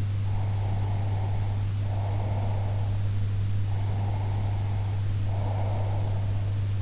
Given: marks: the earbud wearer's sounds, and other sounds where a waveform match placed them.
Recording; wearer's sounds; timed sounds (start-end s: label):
sounds in sleep by an in-ear microphone; breath
0.23-3.09 s: breath
3.66-6.49 s: breath